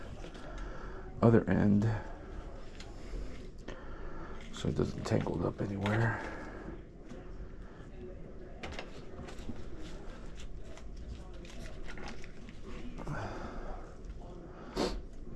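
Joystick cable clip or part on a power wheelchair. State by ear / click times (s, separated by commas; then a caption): not seated / none. Someone talks while refitting the joystick and cabling on a Go Chair power wheelchair, handling a joystick cable clip or part and pushing it toward its place. Light handling knocks and taps are heard throughout. Nothing has seated or clicked into place yet.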